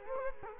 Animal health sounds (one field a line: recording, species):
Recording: mosquito wingbeat signal from an infrared sensor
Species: Culex quinquefasciatus